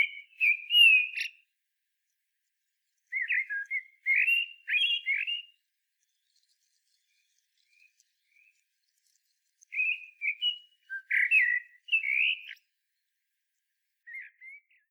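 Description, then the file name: Common blackbird delivering fluted warbled phrases in separate bouts with quiet gaps between them. "Turdus merula"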